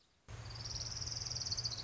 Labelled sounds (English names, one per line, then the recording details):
Orange-crowned Warbler
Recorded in Sonoma County, California